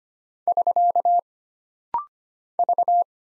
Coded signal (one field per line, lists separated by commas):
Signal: Morse code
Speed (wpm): 25 wpm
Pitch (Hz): 700 Hz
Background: none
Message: <SK> V